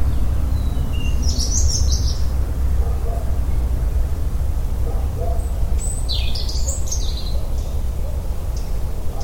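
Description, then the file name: European robin gives two short thin, high warbled phrases over a loud steady low rumble. "Erithacus rubecula"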